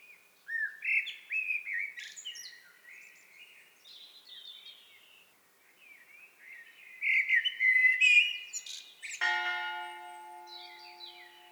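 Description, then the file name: Eurasian blackbird song: repeated fluted phrases with squeaky twittering flourishes, and a steady humming tone begins near the end. "Turdus merula"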